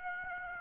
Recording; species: mosquito wingbeat signal from an infrared sensor; Aedes aegypti